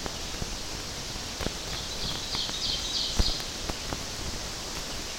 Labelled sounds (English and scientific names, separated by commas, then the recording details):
Ovenbird (Seiurus aurocapilla) song
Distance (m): 45 m
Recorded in boreal forest in Alberta, Canada, on 12 June 2016 at 07:40
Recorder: SongMeter 3, array SBT-3-18
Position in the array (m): 122 m, 108 m
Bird 29